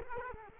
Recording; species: mosquito wingbeat signal from an infrared sensor; Culex quinquefasciatus